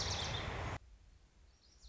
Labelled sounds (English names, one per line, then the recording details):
Lazuli Bunting
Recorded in Sonoma County, California